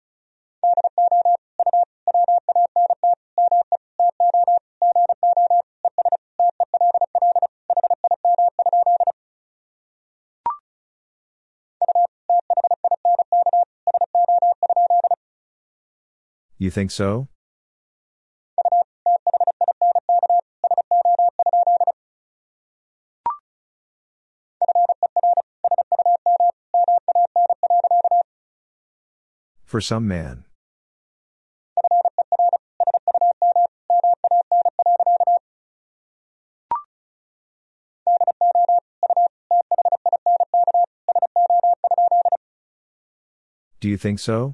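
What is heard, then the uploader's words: Morse code tapped out as a steady mid-pitched beeping tone, sent in fast runs lasting a few seconds with short pauses between. Brief clicks sit in the gaps, and a loud harsh crackle sweeps through about every thirteen seconds. Sentences from Top 200 Words and Abbreviations 35wpm. First, the words and abbreviations are sent in Morse code.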